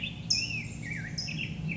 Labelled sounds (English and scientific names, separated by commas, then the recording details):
California Towhee (Melozone crissalis)
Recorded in Sonoma County, California